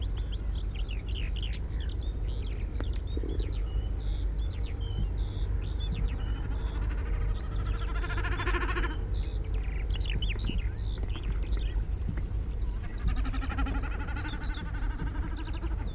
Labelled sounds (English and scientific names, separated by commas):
Common Snipe (Gallinago gallinago) call